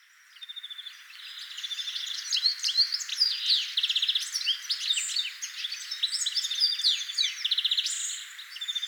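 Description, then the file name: European goldfinch giving rapid tinkling, liquid twitters mixed with short buzzy trills, delivered almost without pause for the whole stretch. "Carduelis carduelis"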